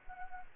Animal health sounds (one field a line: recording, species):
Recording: mosquito wingbeat signal from an infrared sensor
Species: Culex pipiens